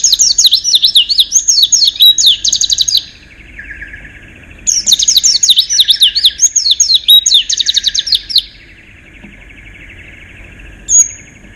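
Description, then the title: White-eye song: two energetic bursts of high, warbling, zigzag twitters separated by a short pause, ending with one sharp note. "Pleci. Haji Ifa Kudus"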